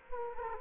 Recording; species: mosquito wingbeat signal from an infrared sensor; Culex quinquefasciatus